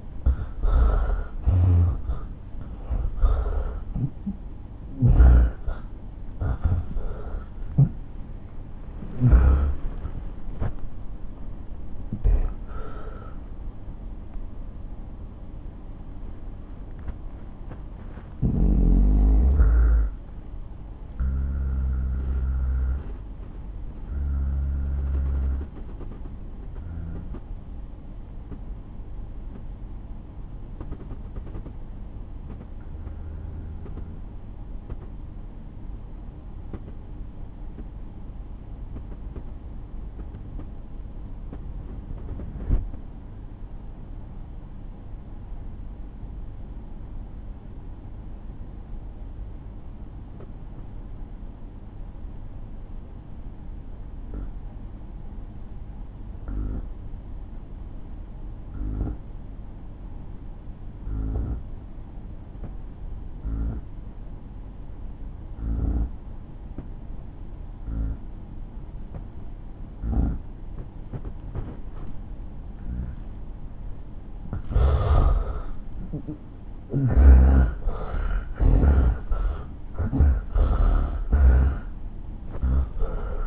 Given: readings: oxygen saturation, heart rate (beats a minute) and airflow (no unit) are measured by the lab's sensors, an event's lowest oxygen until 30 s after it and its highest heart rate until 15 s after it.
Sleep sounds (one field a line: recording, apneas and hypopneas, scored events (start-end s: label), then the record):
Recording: breathing in sleep by a smartphone at the bedside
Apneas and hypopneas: 1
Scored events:
13.00-72.00 s: hypopnea (N1, oxygen 97% highest, then 81% lowest)
15.00-75.00 s: new sleep stage, N2 (light sleep)
75.00-83.47 s: new sleep stage, N1 (lightest sleep)
From the record:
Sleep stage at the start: N1 (lightest sleep)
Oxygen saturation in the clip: 80 to 97%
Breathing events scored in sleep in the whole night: 217 in 6.3 hours asleep